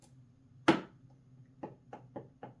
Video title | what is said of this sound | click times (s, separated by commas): Craftsman 2.5 Gallon Portable Wet/Dry Vac – Unboxing & Overview | And I could hear it click into place. | 0.7 s